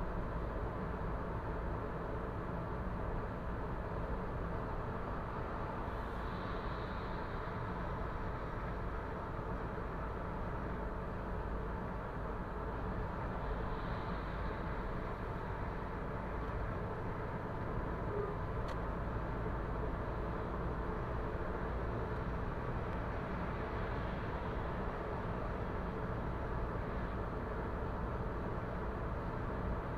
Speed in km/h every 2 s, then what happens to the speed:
97, 98, 96, 93, 93, 92, 91, 91, 92, 97, 101, 103, 101, 101, 100.
0-14 steady at about 93. 14-21 speeds up to 103. 21-30 steady at about 101.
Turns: none.